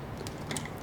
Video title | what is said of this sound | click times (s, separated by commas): BORED Of BLACK CABLES? How About INFINITY MIRRORS? (EZ DIY FAB) | Ok good! I hear the click, I feel the click, everything is in. | 0.5 s, 0.6 s